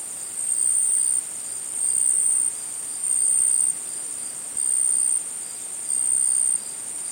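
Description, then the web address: Insect chorus of shrill, high chirping, swelling into louder bursts at regular intervals above a continuous whining drone. Tropical insects; tropical forest or jungle setting. "Tom Hutchings Insects Tropical"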